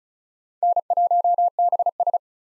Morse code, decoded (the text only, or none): N1BS